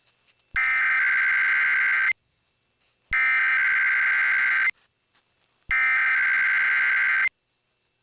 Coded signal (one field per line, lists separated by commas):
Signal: Emergency Alert System (SAME) tones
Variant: header bursts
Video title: [EAS #2625-#2628] Weekend Required Weekly Tests